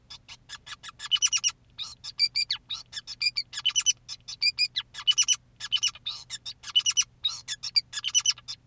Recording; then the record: song of a male Bengalese finch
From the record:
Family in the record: son of father 2, and himself father 5